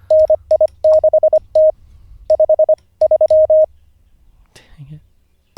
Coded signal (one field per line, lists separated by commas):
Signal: Morse code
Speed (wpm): 25 wpm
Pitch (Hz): 620 Hz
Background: speech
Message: NI6T 53